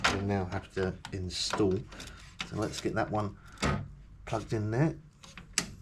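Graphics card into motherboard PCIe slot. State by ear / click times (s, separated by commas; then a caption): seated / 5.6 s. A 4060 Ti graphics card is pushed into the motherboard's PCIe slot while someone talks. A sharp click sounds at 5.6 seconds as the card seats in the slot.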